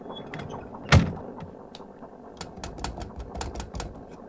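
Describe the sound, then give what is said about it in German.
A submarine hatch shuts before the submarine dives below the water surface, with a single heavy metallic clunk, followed by a steady low mechanical hum and scattered faint clicks and ticks. “Komm, Luke, schließen.”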